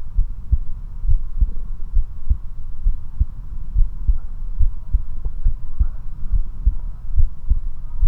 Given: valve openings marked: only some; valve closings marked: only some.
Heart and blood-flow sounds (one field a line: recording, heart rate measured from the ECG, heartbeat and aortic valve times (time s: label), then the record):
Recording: heart sounds by stethoscope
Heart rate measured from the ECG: 69 bpm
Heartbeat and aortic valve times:
0.20 s: heartbeat (ECG mark)
0.23 s: aortic valve opens (echo mark)
0.53 s: aortic valve closes (echo mark)
1.10 s: heartbeat (ECG mark)
1.14 s: aortic valve opens (echo mark)
1.42 s: aortic valve closes (echo mark)
1.98 s: heartbeat (ECG mark)
2.01 s: aortic valve opens (echo mark)
2.32 s: aortic valve closes (echo mark)
2.88 s: heartbeat (ECG mark)
2.91 s: aortic valve opens (echo mark)
3.21 s: aortic valve closes (echo mark)
3.78 s: heartbeat (ECG mark)
3.82 s: aortic valve opens (echo mark)
4.62 s: heartbeat (ECG mark)
4.94 s: aortic valve closes (echo mark)
5.48 s: heartbeat (ECG mark)
5.52 s: aortic valve opens (echo mark)
5.81 s: aortic valve closes (echo mark)
6.35 s: heartbeat (ECG mark)
7.19 s: heartbeat (ECG mark)
8.05 s: heartbeat (ECG mark)
From the record:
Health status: healthy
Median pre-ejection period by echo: 37 ms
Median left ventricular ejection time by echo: 301 ms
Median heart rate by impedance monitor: 69 bpm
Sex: male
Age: 19 years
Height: 179 cm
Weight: 78 kg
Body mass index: 24.34